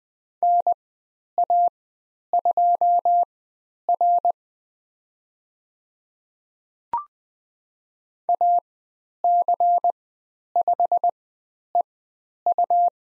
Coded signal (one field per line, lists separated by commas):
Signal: Morse code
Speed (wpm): 20 wpm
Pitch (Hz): 700 Hz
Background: none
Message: NA2R AC5EU